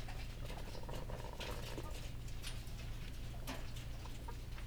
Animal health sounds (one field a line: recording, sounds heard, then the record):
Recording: poultry house recording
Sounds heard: sick chickens (respiratory disease)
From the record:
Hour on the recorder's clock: 15